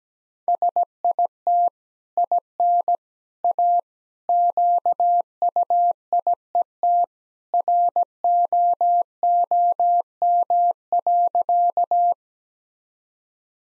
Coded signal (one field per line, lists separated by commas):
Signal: Morse code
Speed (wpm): 17 wpm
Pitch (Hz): 700 Hz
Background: none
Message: SIT IN A QUIET ROOM.